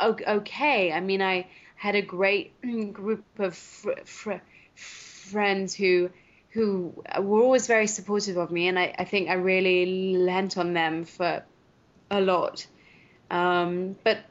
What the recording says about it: As a woman who stutters.